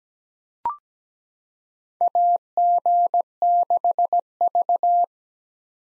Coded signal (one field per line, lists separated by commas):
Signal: Morse code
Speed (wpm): 17 wpm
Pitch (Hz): 700 Hz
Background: none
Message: AG6V